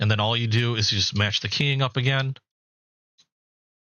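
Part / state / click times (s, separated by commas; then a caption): handle scale onto folding knife liner / seated / 3.2 s. Someone talks while lining up a removable handle scale with the keying on a folding knife's liner, then there is silence. At 3.2 s a single short, faint click is heard as the scale is slid down and locks in place. The scale is seated, snapped shut and solid with no movement.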